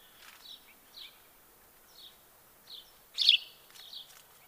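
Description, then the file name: House sparrow chirping: short high notes at irregular intervals, one markedly louder and rougher, over faint steady noise. "Passer domesticus"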